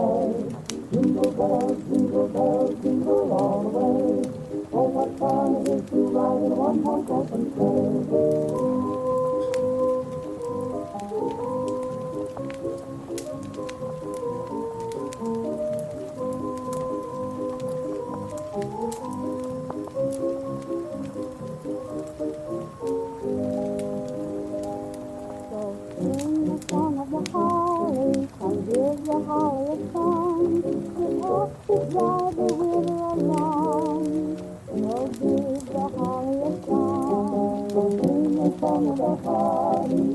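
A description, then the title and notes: Classical Christmas music plays at an even, moderate level, with mid-range melody lines moving over sustained chords and a busier, more ornamented passage after about 25 seconds. Faint crackles and pops from a fireplace sound through it all. Classical Christmas with a fireplace.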